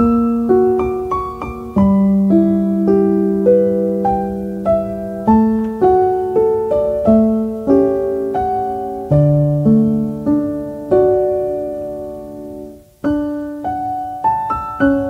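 Calm piano music plays a slow, gentle melody over held low notes, each chord ringing and fading before the next. The playing stays soft and even, then nearly stops at about thirteen seconds before new notes pick up again.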